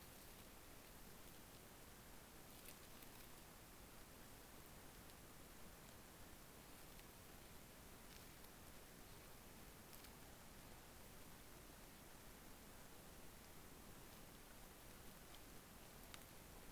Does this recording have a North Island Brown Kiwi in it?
no